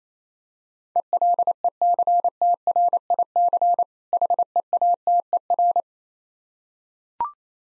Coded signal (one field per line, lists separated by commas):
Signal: Morse code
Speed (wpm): 28 wpm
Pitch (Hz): 700 Hz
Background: none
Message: ELECTRIC HEATER